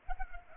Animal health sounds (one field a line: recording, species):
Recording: mosquito wingbeat signal from an infrared sensor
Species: Culex pipiens